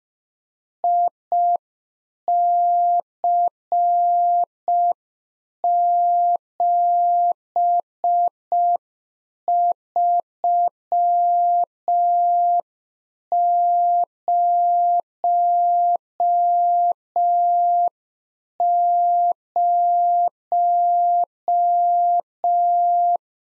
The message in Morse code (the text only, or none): IC7300